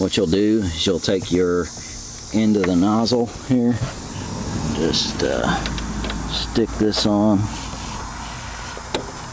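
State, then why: Seated. Someone talks while pushing the end of a grease gun nozzle onto a zerk fitting on an ATV frame, with steady insect-like chirping in the background. The coupler gives a short, sharp click at 9.0 s as it seats onto the fitting.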